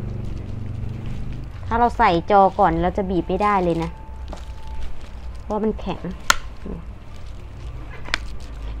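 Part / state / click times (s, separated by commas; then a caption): smartphone back cover clipping onto the midframe / seated / 8.1 s. Someone talks while squeezing the top edge of a plastic Samsung A04s back cover onto the midframe before the screen is fitted, because its locking clips are too stiff to press once the screen is in. A sharp click at 8.1 s shows the clips snapping home, and the cover is seated.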